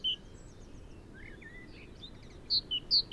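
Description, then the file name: Great tit call: a single high note, then a pause with faint twittering, then four quick notes alternating high and low. "Parus major"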